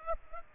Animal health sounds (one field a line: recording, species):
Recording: mosquito wingbeat signal from an infrared sensor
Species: Aedes aegypti